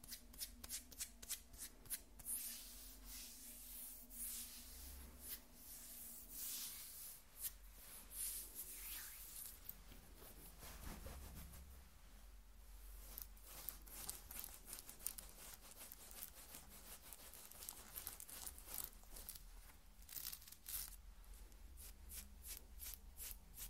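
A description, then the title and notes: Skin being scratched in quick, dense strokes, a dry rasping that runs steadily throughout with brief bursts and a low hum underneath. ASMR Skin Scratching 1 Hour (No Talking).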